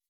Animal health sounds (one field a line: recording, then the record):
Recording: hydrophone in a shrimp aquaculture tank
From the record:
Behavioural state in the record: weakened